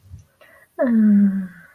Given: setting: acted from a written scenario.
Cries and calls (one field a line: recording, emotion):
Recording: vocal sound without words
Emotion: disappointment